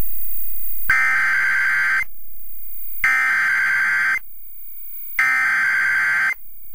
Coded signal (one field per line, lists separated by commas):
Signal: Emergency Alert System (SAME) tones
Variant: header bursts